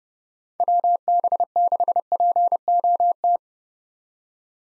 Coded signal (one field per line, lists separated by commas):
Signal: Morse code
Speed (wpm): 30 wpm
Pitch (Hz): 700 Hz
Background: none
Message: WB6POT